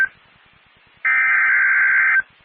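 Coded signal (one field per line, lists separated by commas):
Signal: Emergency Alert System (SAME) tones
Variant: header bursts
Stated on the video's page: Four fire warnings for Amarillo, Texas, recorded with full EAS tones on a critical fire weather day.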